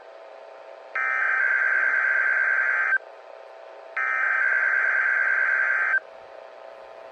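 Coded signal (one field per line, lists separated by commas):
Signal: Emergency Alert System (SAME) tones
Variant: header bursts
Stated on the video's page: Required Weekly Test from a NOAA weather radio transmitter in Bismarck, North Dakota.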